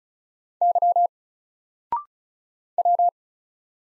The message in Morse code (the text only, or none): Y W